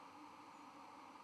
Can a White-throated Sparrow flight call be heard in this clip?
no